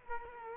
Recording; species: mosquito wingbeat signal from an infrared sensor; Culex quinquefasciatus